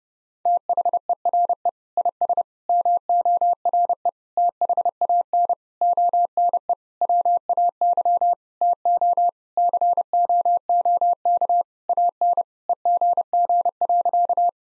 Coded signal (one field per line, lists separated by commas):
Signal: Morse code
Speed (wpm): 30 wpm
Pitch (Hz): 700 Hz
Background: none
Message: THERE IS MORE THAN ONE WAY TO COOK AN EGG.